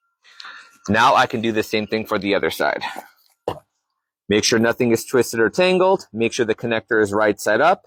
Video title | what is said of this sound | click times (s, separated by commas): Front Facing LATCH Installation, Diono Radian RXT | and when you push it on you're going to hear a clicking sound and the red button is going to just kind of pop back up | 0.4 s